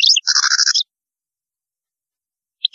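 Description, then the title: European goldfinch song: a brief twittering start and a buzzy, nasal rattling trill lasting under a second, followed by silence and a final chirp. "Chant Chardonneret"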